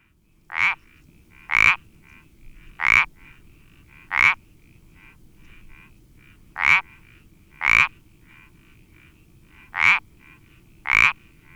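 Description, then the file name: Iberian parsley frog calls: eight short rasping notes spaced one to two and a half seconds apart, some quieter calls faintly audible in between. "Sapillo Moteado Iberico Pelodytes Ibericus"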